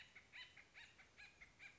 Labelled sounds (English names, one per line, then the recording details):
Acorn Woodpecker
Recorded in Sonoma County, California